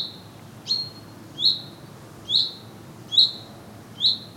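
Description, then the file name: Common chaffinch calling, a sharp high single note repeated five times at intervals of just under a second, over faint low background noise. "Fringilla coelebs"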